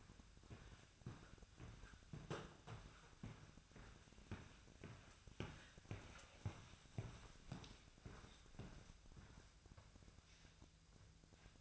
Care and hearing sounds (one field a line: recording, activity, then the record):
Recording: daily activity, microphone in the room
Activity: walk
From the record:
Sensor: 2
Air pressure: 1001.5 hPa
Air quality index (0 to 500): 227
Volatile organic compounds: 26 ppm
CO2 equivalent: 2853 ppm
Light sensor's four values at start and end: 8/27/10/10 and 8/27/10/10